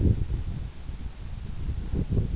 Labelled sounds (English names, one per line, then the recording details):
none
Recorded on Arctic tundra, site EABA-1, on 26 June 2018
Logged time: 00:00